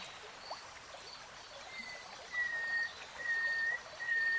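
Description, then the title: Nightingale song made of long, level, pure whistles, one after another, over a steady hiss like flowing water. Singing, from a three-hour real-time recording. "[Tiếng chim hót] Nightingale Singing"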